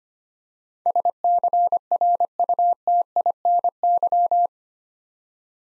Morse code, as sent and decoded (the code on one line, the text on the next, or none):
... -.-. .-. ..- - .. -. -.--
SCRUTINY